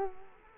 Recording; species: mosquito wingbeat signal from an infrared sensor; Culex quinquefasciatus